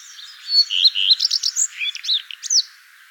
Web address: vogelstimmen gartenrotschwanz gesang nabu lars lachmann